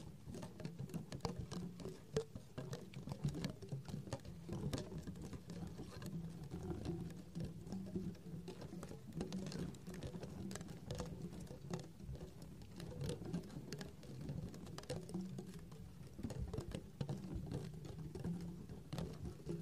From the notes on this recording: Beaded string ( clicky clacky sound